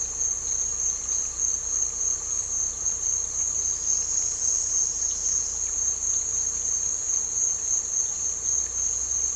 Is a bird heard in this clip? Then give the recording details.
no. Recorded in dense forest near Puerto Asís, Putumayo, Colombia, on 9 March 2025 at 07:30. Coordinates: 0.467, -76.328. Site G041